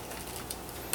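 A metal snap fastener on the leather strap of a knife sheath is handled and pressed toward closing over a low, steady background hiss, with a faint tap around 0.5 seconds and a sharp, bright hit at 0.9 seconds. The clip ends before the snap closes; nothing has seated or clicked yet.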